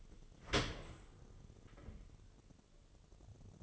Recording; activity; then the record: daily activity, microphone in the room; open dishwasher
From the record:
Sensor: 4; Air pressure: 1015.8 hPa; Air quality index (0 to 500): 103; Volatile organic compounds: 2 ppm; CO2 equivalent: 1151 ppm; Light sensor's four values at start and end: 9/19/7/7 and 8/18/7/7